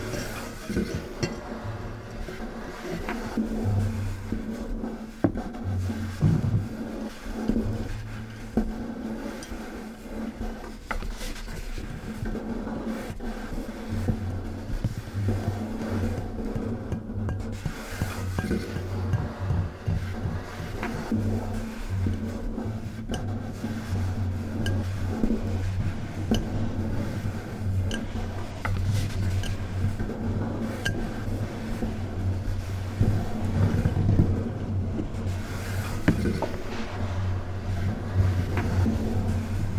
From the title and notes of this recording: A collage of closeup and foley recordings, with occasional accompaniment by computer synthesized contrabass and tuba. Semi-rhythmic rubbing and tapping glass and cardboard.